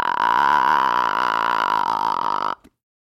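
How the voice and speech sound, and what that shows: A single sustained, very low-pitched 'ah' lasts about two and a half seconds, with a rough, creaking, crackling quality. This is deliberate vocal fry, reached by going all the way down until no lower pitch is possible: the lowest voice register, made of glottal pulses strung together, each a single closure of the vocal folds.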